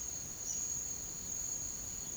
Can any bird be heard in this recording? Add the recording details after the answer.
no. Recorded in pastures near Puerto Asís, Putumayo, Colombia, on 8 March 2025 at 07:30. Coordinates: 0.486, -76.323. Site G075